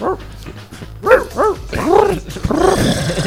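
A dog barks in a quick series of sharp, yelping calls that rise and fall in pitch, with a low growl rumbling underneath. No one talks.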